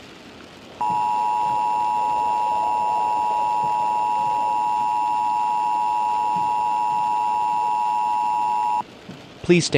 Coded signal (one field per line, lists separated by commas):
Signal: Emergency Alert System (SAME) tones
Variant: 853 and 960 Hz attention tone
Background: speech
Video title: The Omega Outbreak (Tornado EAS Scenario) [REUPLOAD]